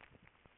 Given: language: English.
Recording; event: throat vibration sensor signal played as sound; swallow